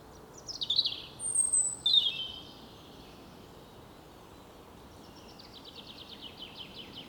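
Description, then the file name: European robin singing a few quick, high, scratchy phrases in the first two and a half seconds, then a faint rapid trill near the end; steady low hiss between. "Erithacus rubecula"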